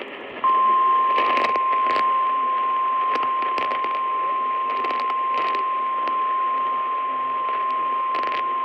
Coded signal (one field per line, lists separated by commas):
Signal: Emergency Alert System (SAME) tones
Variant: 1050 Hz attention tone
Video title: EAS #3378 Tornado Warning on WTMJ-AM